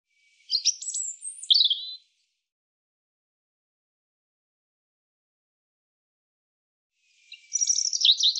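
European robin song: a short burst of thin, high, tumbling notes, then about five seconds of silence before a second sparkling phrase begins and is cut off.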